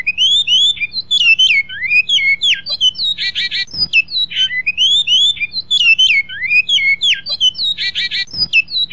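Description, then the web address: Great-billed seed finch delivering the same whistled, tumbling phrase twice, each ending in a buzzy rattle, about every four and a half seconds; faint hum and occasional knocks. Master song for training birds. "bicudario cantos maestro"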